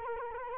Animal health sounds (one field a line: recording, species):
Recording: mosquito wingbeat signal from an infrared sensor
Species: Culex quinquefasciatus